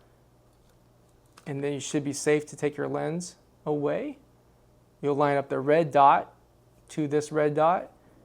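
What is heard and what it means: An interchangeable lens is handled near the body mount of an OM-3 mirrorless camera, which is switched off, as it is lined up red dot to red dot. Someone talks throughout in bursts over a quiet background. Nothing has seated or clicked yet.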